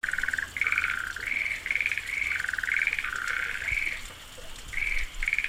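Frog calls, a rapid run of harsh pulsed notes repeated in quick succession, alternating between two pitches, with a steady low hum underneath.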